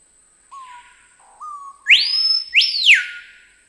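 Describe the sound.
Screaming piha song: two soft low whistles, then two loud ringing notes sweeping sharply up and falling back.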